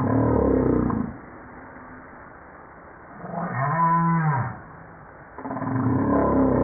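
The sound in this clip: Humpback whale moan: a short arched tonal call rising then falling, with rougher, noisier sounds at the start and end.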